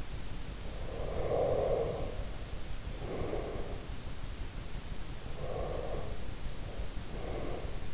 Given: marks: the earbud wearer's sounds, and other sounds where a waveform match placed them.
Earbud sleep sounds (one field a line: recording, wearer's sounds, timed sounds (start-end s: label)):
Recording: sounds in sleep by an in-ear microphone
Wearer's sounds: breath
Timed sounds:
0.74-3.63 s: breath
5.34-7.94 s: breath